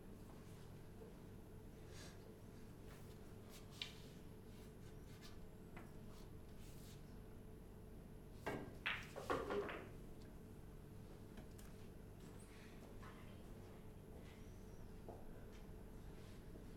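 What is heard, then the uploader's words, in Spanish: People playing three-cushion billiards, heard over a steady low hum with a faint tonal drone. Soft scattered taps and rubbing sounds appear throughout, and a short burst of sharp clicks and knocks comes around the middle of the clip before things settle again. Personas que juegan al billar a tres bandas.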